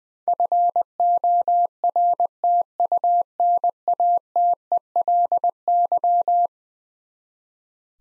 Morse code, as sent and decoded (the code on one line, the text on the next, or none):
..-. --- .-. - ..- -. .- - . .-.. -.--
FORTUNATELY